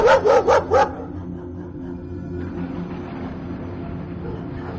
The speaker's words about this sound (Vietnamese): Mới có 3 giờ sáng, cái tiếng chó cứ nhấm nhằng sủa ông ổng từ cuối con ngõ nhỏ ở cuối thôn hạ.